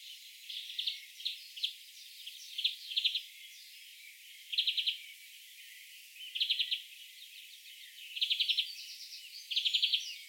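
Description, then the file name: European greenfinch: repeated short buzzy trills of a finch, each under half a second, roughly every one to two seconds, with fainter twittering and a steady hiss behind. "Chloris chloris"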